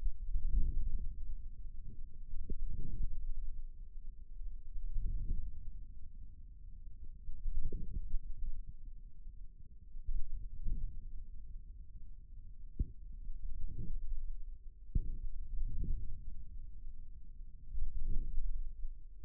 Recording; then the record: forearm muscle sounds (acoustic myography)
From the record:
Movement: hand closing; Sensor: system 2, bracelet of six BSWA MPA416 microphones around the upper forearm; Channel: 4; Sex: male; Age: 22 years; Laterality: right